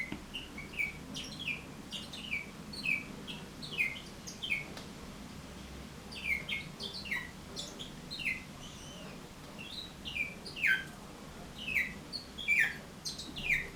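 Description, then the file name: Bourke's parrot song: a steady series of short downward-sliding chirps with brief pauses, over low background hum. "poet travyanoi rozovobryuxii popugai"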